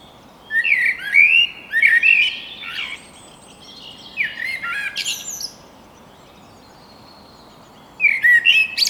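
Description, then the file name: Eurasian blackbird song: repeated mellow warbled phrases, each finishing in squeaky high twitters, with a long pause before a final fluting phrase. "Turdus merula"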